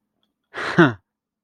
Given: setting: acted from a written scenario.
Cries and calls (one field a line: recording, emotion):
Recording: vocal sound without words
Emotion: positive surprise